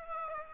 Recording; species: mosquito wingbeat signal from an infrared sensor; Aedes aegypti